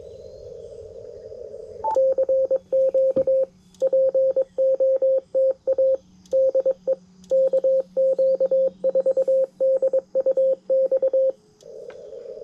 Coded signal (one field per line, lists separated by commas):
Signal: Morse code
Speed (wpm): 22 wpm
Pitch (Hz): 530 Hz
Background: radio noise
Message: CQ POTA DE KQ4DUX